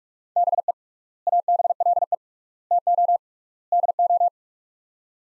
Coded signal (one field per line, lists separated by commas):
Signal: Morse code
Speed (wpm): 41 wpm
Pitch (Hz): 700 Hz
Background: none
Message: BE ABLE TO DO